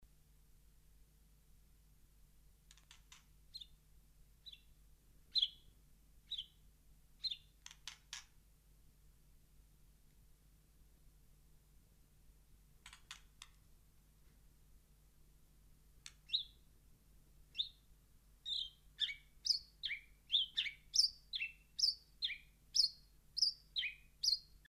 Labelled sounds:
House Sparrow (Passer domesticus) song
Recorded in the wild
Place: Kaiserslautern, Rheinland-Pfalz, DE
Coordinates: 49.4247, 7.77889
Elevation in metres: 279
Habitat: garden
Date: 1982-04-02
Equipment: Nagra IV
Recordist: Tretzel, Erwin
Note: Garten, Kaiserslautern: Gesang

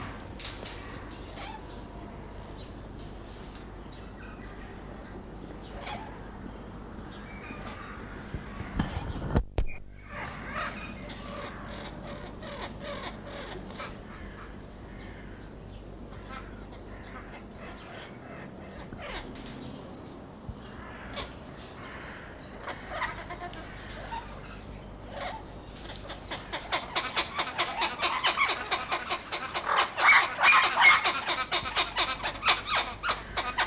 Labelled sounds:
Turquoise-fronted Amazon (Amazona aestiva) call
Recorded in captivity
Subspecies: aestiva
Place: Zoo Berlin, Berlin, DE
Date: 1998-03-21 11:46
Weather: heiter, ca. 0°C
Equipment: Nagra SN, Kopie Uher 4000 Report Monitor
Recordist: Tembrock, Günter

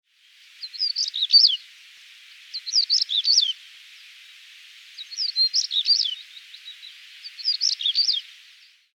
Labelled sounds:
European Stonechat (Saxicola rubicola)
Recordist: Frommolt, Karl-Heinz
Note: Männchen: Gesang

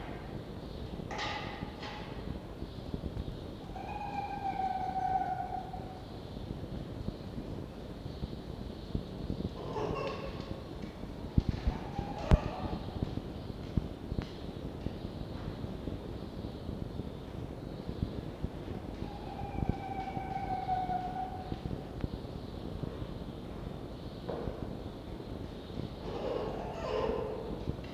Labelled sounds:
Red Fox (Vulpes vulpes)
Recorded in captivity
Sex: group
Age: diverse
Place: Zoologisches Institut der HUB, Berlin, DE
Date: 1952-05-20 18:00
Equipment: Elmetra
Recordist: Tembrock, Günter

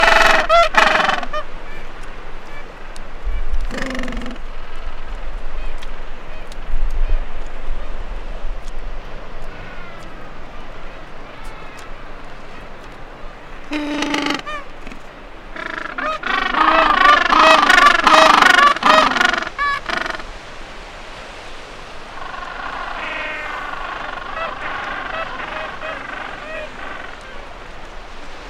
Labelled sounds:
Gentoo Penguin (Pygoscelis papua) call
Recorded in the wild
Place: Georges Point, Antarctica, AQ
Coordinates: -64.4, -62.4
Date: 2018-12-24
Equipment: Olympus LS-100, Sennheiser ME66
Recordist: Beaulieu, Michaël
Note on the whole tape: In Kolonie von Esels- und Zügelpinguinen. Meistens brütende Vögel

